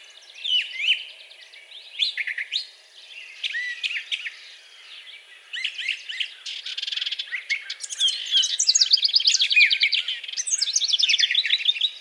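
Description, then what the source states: Brown thrasher song that begins with scattered chirps and whistles, then builds into dense, fast trilled and buzzy phrases in the second half. Recorded 4 June 2020.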